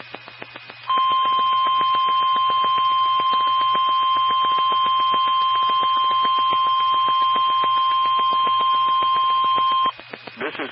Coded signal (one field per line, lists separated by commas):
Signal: Emergency Alert System (SAME) tones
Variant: 1050 Hz attention tone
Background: speech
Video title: Required Weekly Test (EAS 2135) 3/1/23